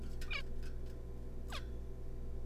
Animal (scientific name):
Taeniopygia guttata